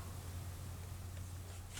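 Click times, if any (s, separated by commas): none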